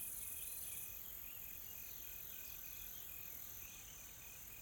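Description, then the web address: Insects in chorus: a high steady shrill band, plus a pulsing beeping trill repeated rapidly and evenly, and faint chirps. Soft, calm insect ambience from a tropical forest in South Africa. "Sonniss com - GDC 2020-Game Audio Bundle Smart Sound FX - Nature South Africa AMBIENCE Additional Tropical Forest Soft Insects Calm"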